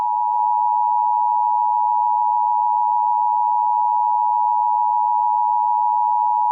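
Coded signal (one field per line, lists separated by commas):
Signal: Emergency Alert System (SAME) tones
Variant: 853 and 960 Hz attention tone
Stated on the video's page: Fictional Emergency Alert System scenario about a fire in Chicago, not a real alert.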